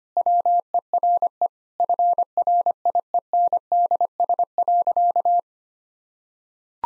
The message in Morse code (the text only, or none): WERE FRIENDS.